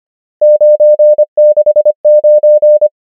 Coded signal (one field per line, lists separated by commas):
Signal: Morse code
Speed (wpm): 25 wpm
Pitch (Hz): 600 Hz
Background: none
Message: 9 6 9